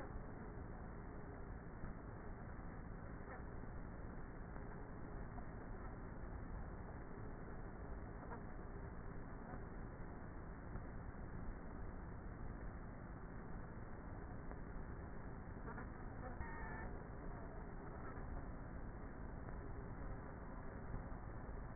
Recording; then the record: honeybee colony, microphone inside the hive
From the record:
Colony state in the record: queenless with a low population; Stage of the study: before two queens were removed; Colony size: about 30,000 bees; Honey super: no